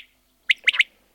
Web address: Перепел Quaglia. plurifon